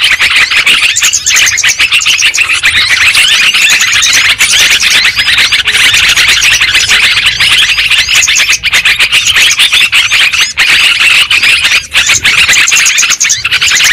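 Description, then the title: Lovebird flock chatter running steadily, shrill squeaky notes and rapid twitters layered over one another with no break. Lure sound for trapping lovebirds. "PIKAT BURUNG LOVEBIRD"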